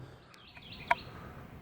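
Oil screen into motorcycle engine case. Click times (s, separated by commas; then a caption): 0.9 s. After being wiped clean, the oil screen is pushed by hand into the engine case of a 2017 Husqvarna 701 Supermoto during an oil change. A faint tick comes at 0.3 s, then a sharp, bright click at 0.9 s against a quiet background. The click shows the oil screen has seated in place.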